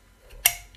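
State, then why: Seated. A power cable's plug is worked into its socket on a camera setup and goes home with a single sharp, bright click at 0.5 s, followed by a faint tick near 0.8 s. The plug is seated.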